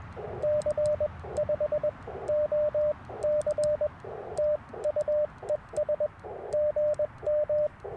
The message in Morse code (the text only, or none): C 5 O C TU ES GM